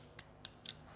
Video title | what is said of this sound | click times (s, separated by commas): cara pemasangan instalasi listrik saklar tunggal | kangen kita tinggal naikkan ke dalam dia udah terpasang dia udah terkunci | 0.4 s, 0.7 s